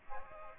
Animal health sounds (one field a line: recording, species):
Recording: mosquito wingbeat signal from an infrared sensor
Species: Aedes aegypti